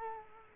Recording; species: mosquito wingbeat signal from an infrared sensor; Culex quinquefasciatus